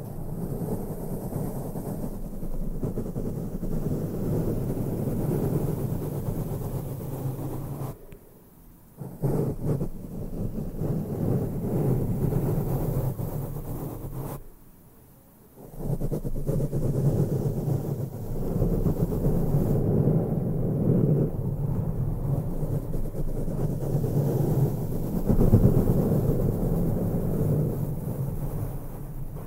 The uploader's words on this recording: ASMR INTENSE MIC BRUSHING NO TALKING, ASMR BRUSHING SOUNDS, BRUSH MICROPHONE ASMR.